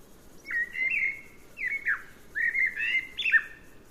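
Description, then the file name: Common blackbird singing mellow whistled notes, some drawn out and some dropping in pitch. "Turdus merula"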